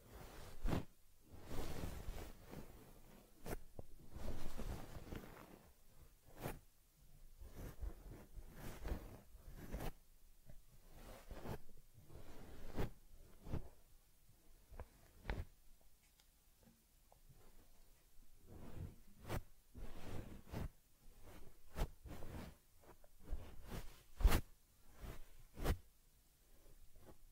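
Teddy bear care sounds: soft rubbing and brushing strokes come in uneven bursts, dotted with frequent sharp clicks and scratchy zipper-like swipes throughout.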